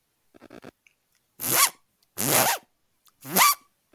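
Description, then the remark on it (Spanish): A voice imitates a zipper with the lips: a few faint ticking clicks, then three loud, raspy zip strokes, each short and separated by brief pauses, with no talking. “Que no está bajando ni subiendo ninguna cremallera.”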